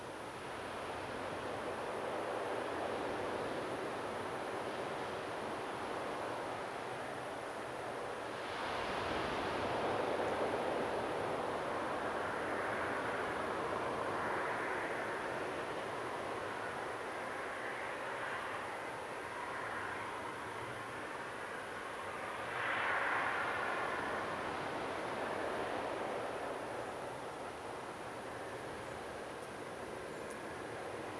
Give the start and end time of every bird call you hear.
[26.80, 26.91] European Robin
[28.82, 28.94] European Robin
[30.09, 30.24] European Robin

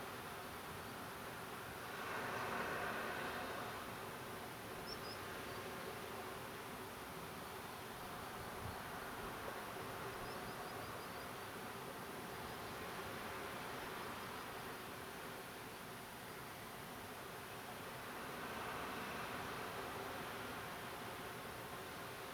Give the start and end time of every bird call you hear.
[4.85, 5.16] Common Sandpiper
[10.24, 11.24] Common Sandpiper
[14.00, 14.47] Common Sandpiper

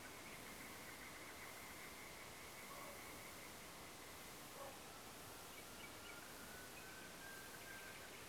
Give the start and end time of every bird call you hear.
[5.52, 6.14] Common Nightingale

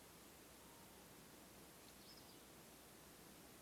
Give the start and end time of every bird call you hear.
[1.86, 2.44] Eurasian Skylark

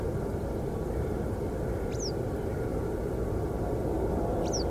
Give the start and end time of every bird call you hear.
[1.90, 2.12] Western Yellow Wagtail
[4.44, 4.64] Western Yellow Wagtail

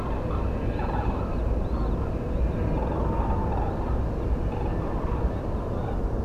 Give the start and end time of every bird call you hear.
[0.02, 0.39] Common Crane
[0.72, 1.97] Common Crane
[2.29, 4.71] Common Crane
[2.98, 3.59] Tawny Owl
[5.00, 5.97] Common Crane

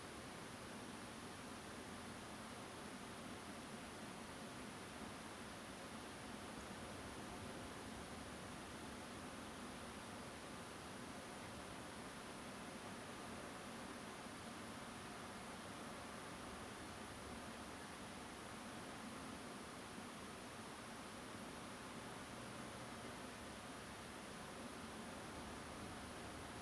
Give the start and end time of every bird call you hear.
[6.60, 6.62] Song Thrush

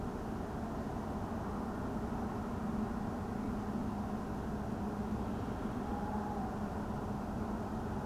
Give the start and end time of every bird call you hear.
[5.83, 6.56] Tawny Owl

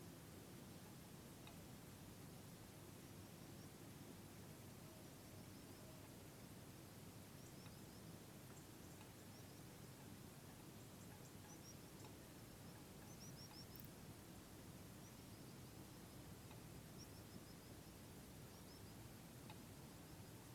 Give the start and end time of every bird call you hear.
[3.01, 3.69] Common Sandpiper
[4.81, 5.99] Common Sandpiper
[7.36, 8.15] Common Sandpiper
[7.45, 7.50] European Robin
[8.54, 9.23] European Robin
[9.32, 9.96] Common Sandpiper
[11.00, 11.27] European Robin
[11.48, 12.08] Common Sandpiper
[11.98, 12.04] European Robin
[13.06, 13.82] Common Sandpiper
[15.00, 16.15] Common Sandpiper
[16.97, 17.72] Common Sandpiper
[18.49, 18.94] Common Sandpiper
[19.55, 20.31] Common Sandpiper

